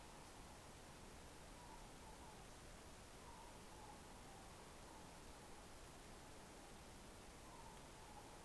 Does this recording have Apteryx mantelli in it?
no